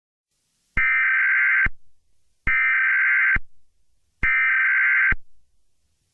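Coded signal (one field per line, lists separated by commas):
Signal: Emergency Alert System (SAME) tones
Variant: header bursts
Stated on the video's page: Fictional EAS scenario made by a fan, not a real alert.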